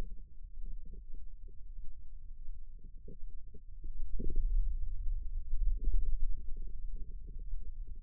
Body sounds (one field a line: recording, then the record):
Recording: forearm muscle sounds (acoustic myography)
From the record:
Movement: wrist extension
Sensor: system 2, bracelet of six BSWA MPA416 microphones around the upper forearm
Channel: 6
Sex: male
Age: 22 years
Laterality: right